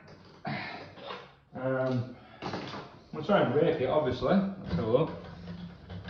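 Someone talks while a key with deep cuts, from an APECS AP deluxe bump key set, is raked in a pin tumbler lock cylinder to work its pin stack toward the shear line. The pins are still being handled, and nothing has set or clicked yet.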